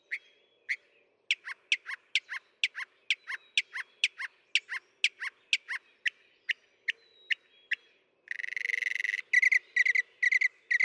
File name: Northern Mockingbird